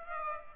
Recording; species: mosquito wingbeat signal from an infrared sensor; Aedes aegypti